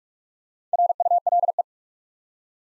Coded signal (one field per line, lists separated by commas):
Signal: Morse code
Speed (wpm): 44 wpm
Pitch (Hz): 700 Hz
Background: none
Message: RULE